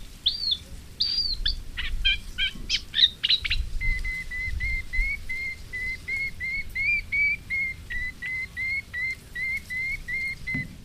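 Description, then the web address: Moustached warbler song: a brief jumbled chatter, then a long steady series of clear rising whistled notes, about three or four each second. "Madardalok Fülemülesitke"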